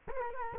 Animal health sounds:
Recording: mosquito wingbeat signal from an infrared sensor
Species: Culex quinquefasciatus

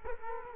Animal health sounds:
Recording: mosquito wingbeat signal from an infrared sensor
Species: Culex quinquefasciatus

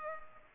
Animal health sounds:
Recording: mosquito wingbeat signal from an infrared sensor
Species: Culex pipiens

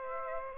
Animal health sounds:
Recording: mosquito wingbeat signal from an infrared sensor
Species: Aedes aegypti

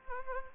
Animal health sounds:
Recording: mosquito wingbeat signal from an infrared sensor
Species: Culex pipiens

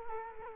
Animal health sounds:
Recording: mosquito wingbeat signal from an infrared sensor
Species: Culex quinquefasciatus

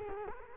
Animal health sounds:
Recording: mosquito wingbeat signal from an infrared sensor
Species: Culex quinquefasciatus

